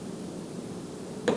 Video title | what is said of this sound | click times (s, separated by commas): Samsung Galaxy S20 FE 5G Repair | back it up until you feel it click, and then run it in. | 1.3 s